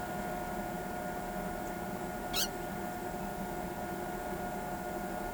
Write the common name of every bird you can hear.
Ochre-lored Flatbill